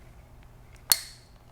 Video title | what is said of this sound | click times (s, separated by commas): Benelli 828 U Over-and-Under Shotgun - Full Product Walk-Through | and it snaps in place huh snaps right in | 0.9 s